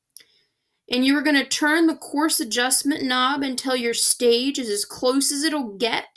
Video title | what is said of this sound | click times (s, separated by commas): Microscopy | you're gonna click in your smallest objective objective so that it's right over top of the specimen | 0.2 s